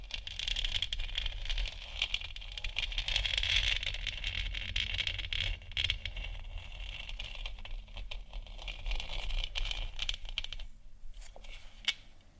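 Scratching and tapping on the moon: a steady, grainy scraping hiss fills the upper range while a low rumble runs underneath throughout. Brief sharp taps and clicks break through here and there, becoming sparser after about ten seconds, where the sound thins and quiets.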